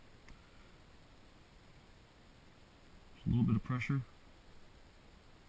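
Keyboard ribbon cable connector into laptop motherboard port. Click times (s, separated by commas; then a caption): 0.3 s. A keyboard ribbon cable connector is pressed with a little pressure into its small port on a Lenovo ThinkPad X230 laptop motherboard. It clicks into place at 0.3 s, and someone talks briefly afterward. The connector is seated.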